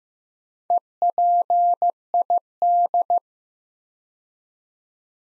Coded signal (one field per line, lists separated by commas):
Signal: Morse code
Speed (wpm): 15 wpm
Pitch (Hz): 700 Hz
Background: none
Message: EPID